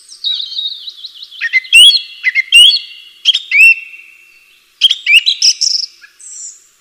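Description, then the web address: Bird singing a varied phrase: warbled whistles, sharp upward flicks and trills, a pause, then a quick burst of chirps and a brief high whistle. "atelierson sons birds"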